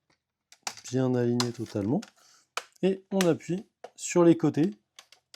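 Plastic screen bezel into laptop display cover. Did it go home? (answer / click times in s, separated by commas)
no / none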